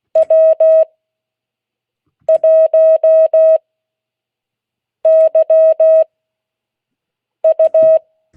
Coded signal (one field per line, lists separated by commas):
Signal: Morse code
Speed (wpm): 16 wpm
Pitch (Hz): 640 Hz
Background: none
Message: W1YU